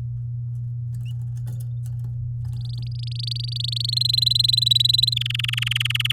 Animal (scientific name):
Serinus canaria